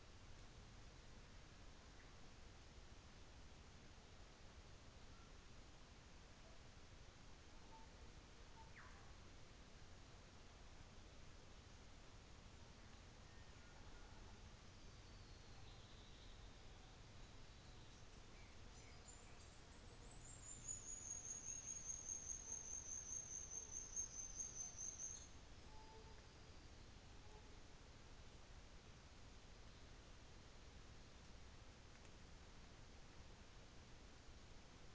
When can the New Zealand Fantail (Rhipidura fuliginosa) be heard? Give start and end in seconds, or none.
17.41-25.40